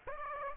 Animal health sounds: mosquito wingbeat signal from an infrared sensor; Aedes aegypti

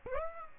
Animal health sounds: mosquito wingbeat signal from an infrared sensor; Aedes aegypti

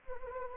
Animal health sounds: mosquito wingbeat signal from an infrared sensor; Anopheles gambiae

